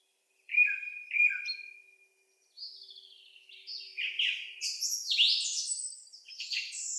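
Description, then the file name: Song thrush singing: two repeated whistled notes, then a pause and a burst of varied, squeaky and trilled phrases. Recorded 25 April 2015. "Singdrossel Turdus philomelos 20150425"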